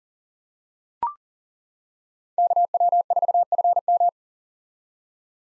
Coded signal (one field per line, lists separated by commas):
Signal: Morse code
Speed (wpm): 40 wpm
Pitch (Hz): 700 Hz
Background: none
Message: KW4FM